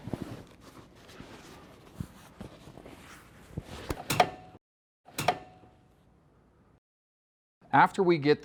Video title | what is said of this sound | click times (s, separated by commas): Supertop Ultra Installation for Wrangler JKU | going to fold the whole top down and when we put it back up you listen and hear it click into place | 4.1 s, 5.2 s